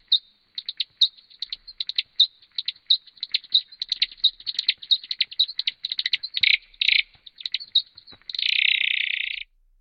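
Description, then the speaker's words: Brazilian free-tailed bat song: a rapid run of short chirping syllables, irregular and stuttering, ending in a dense buzzy trill lasting about a second. Song of the Brazilian free-tailed bat, slowed down ten times to lower its pitch for human ears. "Mais voici un autre exemple de chant enregistré chez la chauve-souris molosse du Brésil."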